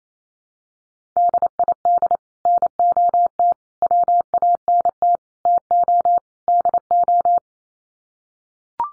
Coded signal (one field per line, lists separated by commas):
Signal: Morse code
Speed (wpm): 28 wpm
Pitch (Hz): 700 Hz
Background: none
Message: DID NOT WANT TO DO